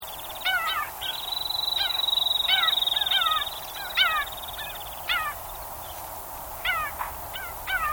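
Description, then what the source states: Bird calls: short, harsh, downward-bending notes with rich overtones, given singly and in small bursts, with a long, steady, high, thin tone early on. Swamp bird calls.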